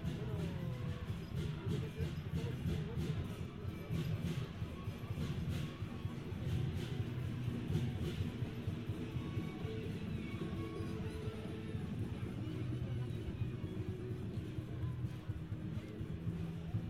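A Chinese New Year celebration in a Paris street, with a thick, steady low rumble of crowd and traffic throughout. Sharp cracks and knocks pop up every second or so, and scattered voices sit in the dense background.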